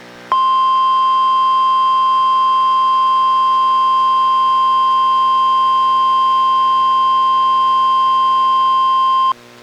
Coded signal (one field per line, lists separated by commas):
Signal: Emergency Alert System (SAME) tones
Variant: 1050 Hz attention tone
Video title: EAS #980: NWR Required Weekly Test- Sep. 4, 2024- 11:03AM PDT